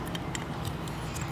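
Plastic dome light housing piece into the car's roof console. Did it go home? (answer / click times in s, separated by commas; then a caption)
yes / 0.1 s, 0.4 s. The plastic dome light trim piece of a 2019 Kia Optima is pressed back into the headliner at the car's roof console during an LED light upgrade. Two quiet clicks are heard at about 0.2 s and 0.4 s over a steady low background hum as its guides snap into place. The dome light housing piece is seated.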